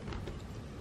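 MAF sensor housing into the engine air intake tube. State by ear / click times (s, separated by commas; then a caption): not seated / none. A mass airflow (MAF) sensor, moved from a Mazda Speed 6's stock intake to an aftermarket one, is handled as its plastic housing is pressed toward the engine air intake tube. Less than a second of steady, low-level broadband handling noise is heard, with no sharp click. The housing has not seated or clicked into place yet.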